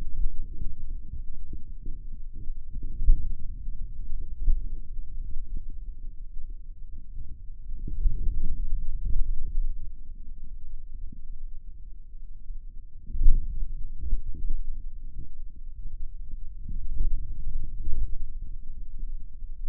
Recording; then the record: forearm muscle sounds (acoustic myography)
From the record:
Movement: pen grasping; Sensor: system 2, bracelet of six BSWA MPA416 microphones around the upper forearm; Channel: 4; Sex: male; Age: 22 years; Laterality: right